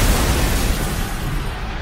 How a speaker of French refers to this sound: un bâton de dynamite est lancé sur les policiers. 8 policiers sont tués et une soixantaine sont blessés.